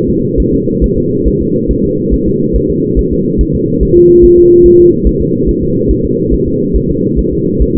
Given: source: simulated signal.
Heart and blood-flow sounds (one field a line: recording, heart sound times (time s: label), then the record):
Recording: fetal heart sounds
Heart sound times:
0.10 s: S2
0.40 s: S1
0.54 s: S2
0.84 s: S1
0.98 s: S2
1.28 s: S1
1.42 s: S2
1.71 s: S1
1.85 s: S2
2.14 s: S1
2.28 s: S2
2.56 s: S1
2.71 s: S2
2.99 s: S1
3.13 s: S2
3.41 s: S1
3.55 s: S2
3.83 s: S1
3.97 s: S2
4.25 s: S1
4.39 s: S2
4.66 s: S1
4.80 s: S2
5.07 s: S1
5.22 s: S2
5.49 s: S1
5.63 s: S2
5.91 s: S1
6.05 s: S2
6.34 s: S1
6.48 s: S2
6.76 s: S1
6.91 s: S2
7.19 s: S1
7.33 s: S2
7.62 s: S1
7.77 s: S2
From the record:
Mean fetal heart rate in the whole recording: 140 bpm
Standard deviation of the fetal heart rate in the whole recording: 2 bpm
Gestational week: 34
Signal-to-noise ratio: -11.2 dB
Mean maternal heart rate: 72 bpm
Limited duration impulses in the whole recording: present